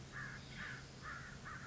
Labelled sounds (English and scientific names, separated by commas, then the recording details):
American Crow (Corvus brachyrhynchos)
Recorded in Sonoma County, California